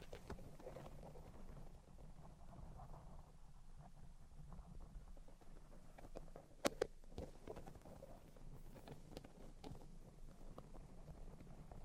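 Scattered taps and light scratches fall irregularly across a steady low rumble that runs the whole way through. The clicks come in small clusters, thicker after the midpoint, with two sharp, louder taps just before seven seconds.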